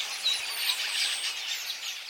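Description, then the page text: Red-billed quelea flock: steady, seething high-pitched chatter of many birds. Red-billed quelea in Africa; described as the world's most abundant wild bird, with an estimated population of 1.5 billion. "red-billed quelea, which live in Africa"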